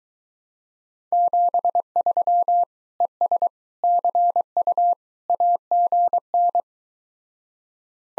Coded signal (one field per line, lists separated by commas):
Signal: Morse code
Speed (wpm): 23 wpm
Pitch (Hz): 700 Hz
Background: none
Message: 73 ES CU AGN